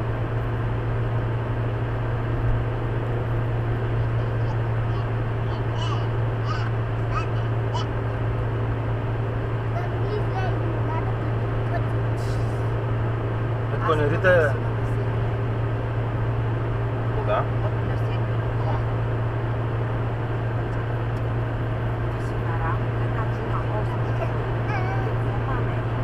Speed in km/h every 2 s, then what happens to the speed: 109, 109, 109, 109, 107, 107, 108, 108, 108, 109, 109, 109, 109.
0-26 steady at about 109.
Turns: none.